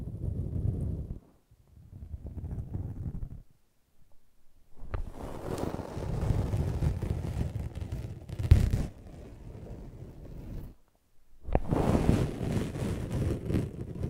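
Rough brushing and scratching comes in bursts, low and muffled at first, then brighter and denser after a pause, with a sharp snap near nine seconds.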